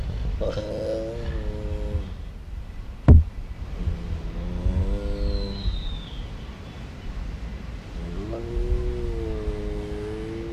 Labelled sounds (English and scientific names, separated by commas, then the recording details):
Tiger (Panthera tigris) contact call
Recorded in captivity
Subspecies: altaica
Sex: diverse
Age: juvenile
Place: Zoo Leipzig, Sachsen, DE
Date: 1977-09-14 17:40
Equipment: Nagra SN, Kopie Uher Variocord
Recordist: Tembrock, Günter
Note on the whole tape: Sibirischer Tiger bzw. Amurtiger, Kontaktlaute halbwüchsiger Tiger, Abstand 5 m